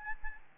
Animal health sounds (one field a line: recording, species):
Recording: mosquito wingbeat signal from an infrared sensor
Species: Aedes albopictus